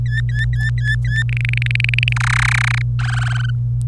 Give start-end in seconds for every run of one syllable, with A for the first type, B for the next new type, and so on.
0.06-1.23 A, 1.29-2.13 B, 2.16-2.82 C, 2.99-3.50 D